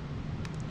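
A low-profile pickup shoe is hooked onto the front hanger of a brass slot car chassis, then pushed down and back until it clicks into place at 0.5 seconds. The click is a short, sharp broadband tick over a steady low rumble and hiss, and the shoe is seated.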